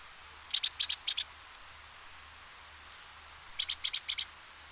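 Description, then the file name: Great tit song, two quick phrases of about six high, clipped notes, separated by over two seconds of quiet. "Parus major"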